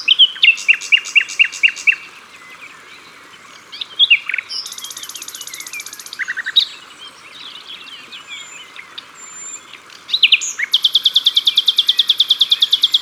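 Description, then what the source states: Common nightingale pouring out repeated staccato notes, a dense buzzy trill, pauses with soft twitters, then a long, rapid, high rattle to finish. Sung at the water's edge.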